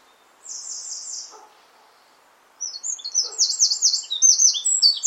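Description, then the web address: Bird gives a short buzzy trill, then after a pause launches into loud, high, rapidly repeated slurred chirps. "cianscape birddata Deverinetal 2025"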